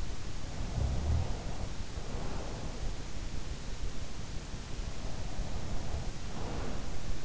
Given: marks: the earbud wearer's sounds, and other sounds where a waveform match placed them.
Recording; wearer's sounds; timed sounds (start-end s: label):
sounds in sleep by an in-ear microphone; snoring breath, breath
0.35-2.69 s: snoring breath
4.80-7.25 s: breath